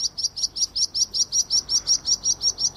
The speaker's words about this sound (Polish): Ptaszki naprawdę ładnie brzmią w poranku.